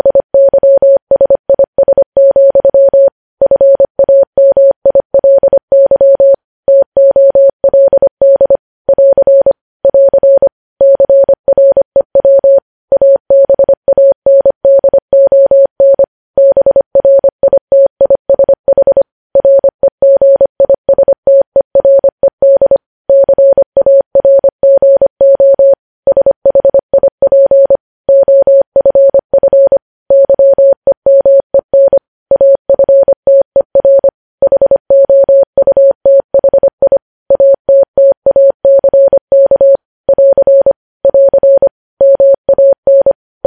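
Morse code sent as a single steady mid-pitched tone, keyed on and off in rapid dots and dashes with short gaps between letters and words. The keying continues evenly for the whole stretch, clean and close, with only a faint low hiss underneath.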